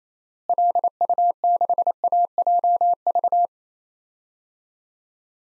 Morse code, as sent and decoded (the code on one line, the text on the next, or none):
.-.. ..- -.... .- .--- ...-
LU6AJV